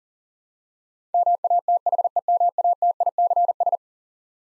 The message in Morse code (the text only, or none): MATHEMATICS